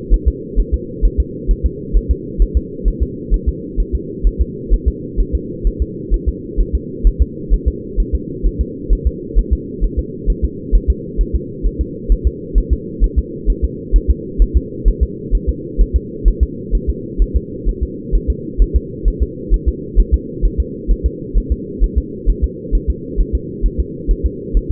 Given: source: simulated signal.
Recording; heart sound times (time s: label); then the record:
fetal heart sounds
0.14 s: S1
0.28 s: S2
0.59 s: S1
0.74 s: S2
1.05 s: S1
1.20 s: S2
1.51 s: S1
1.66 s: S2
1.97 s: S1
2.11 s: S2
2.42 s: S1
2.57 s: S2
2.88 s: S1
3.03 s: S2
3.34 s: S1
3.48 s: S2
3.80 s: S1
3.95 s: S2
4.27 s: S1
4.41 s: S2
4.73 s: S1
4.88 s: S2
5.20 s: S1
5.35 s: S2
5.67 s: S1
5.82 s: S2
6.14 s: S1
6.29 s: S2
6.61 s: S1
6.75 s: S2
7.07 s: S1
7.22 s: S2
7.54 s: S1
7.68 s: S2
8.00 s: S1
8.15 s: S2
8.46 s: S1
8.61 s: S2
8.93 s: S1
9.07 s: S2
9.39 s: S1
9.53 s: S2
9.84 s: S1
9.99 s: S2
10.30 s: S1
10.45 s: S2
10.75 s: S1
10.90 s: S2
11.21 s: S1
11.36 s: S2
11.66 s: S1
11.81 s: S2
12.12 s: S1
12.27 s: S2
12.58 s: S1
12.73 s: S2
13.04 s: S1
13.19 s: S2
13.50 s: S1
13.64 s: S2
13.96 s: S1
14.11 s: S2
14.42 s: S1
14.57 s: S2
14.88 s: S1
15.03 s: S2
15.35 s: S1
15.49 s: S2
15.81 s: S1
15.96 s: S2
16.28 s: S1
16.43 s: S2
16.75 s: S1
16.90 s: S2
17.22 s: S1
17.36 s: S2
17.69 s: S1
17.83 s: S2
18.15 s: S1
18.30 s: S2
18.62 s: S1
18.76 s: S2
19.08 s: S1
19.23 s: S2
19.54 s: S1
19.68 s: S2
20.00 s: S1
20.14 s: S2
20.45 s: S1
20.60 s: S2
20.91 s: S1
21.06 s: S2
21.38 s: S1
21.52 s: S2
21.84 s: S1
21.98 s: S2
22.30 s: S1
22.44 s: S2
22.75 s: S1
22.90 s: S2
23.20 s: S1
23.35 s: S2
23.66 s: S1
23.80 s: S2
24.11 s: S1
24.26 s: S2
24.57 s: S1
24.72 s: S2
From the record:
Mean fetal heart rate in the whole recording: 130 bpm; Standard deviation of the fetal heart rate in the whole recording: 2 bpm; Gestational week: 36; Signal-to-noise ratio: -4.1 dB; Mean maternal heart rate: no maternal heart sound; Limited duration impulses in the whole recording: absent